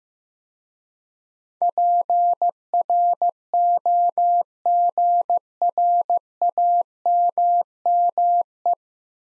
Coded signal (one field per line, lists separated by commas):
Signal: Morse code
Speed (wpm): 15 wpm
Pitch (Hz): 700 Hz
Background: none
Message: PROGRAMME